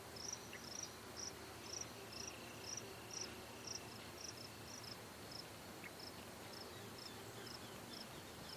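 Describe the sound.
Cicada song of brief, high, sharp chirps repeating steadily about twice a second, with a faint low drone beneath.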